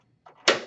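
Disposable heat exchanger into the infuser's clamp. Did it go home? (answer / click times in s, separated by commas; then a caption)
yes / 0.5 s. The disposable heat exchanger of a Level 1 rapid infuser set is pressed down firmly, often with two hands, into clamp number two. A faint contact sound comes at 0.3 s, then a loud, sharp snap at 0.5 s that rings briefly. The heat exchanger seats in the clamp as the second snap.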